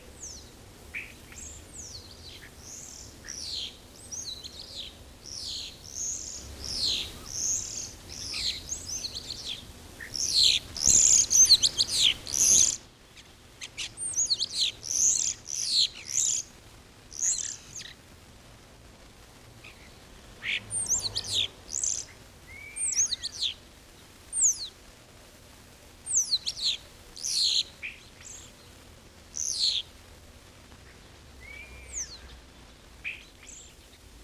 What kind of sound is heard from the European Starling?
song